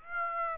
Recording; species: mosquito wingbeat signal from an infrared sensor; Aedes aegypti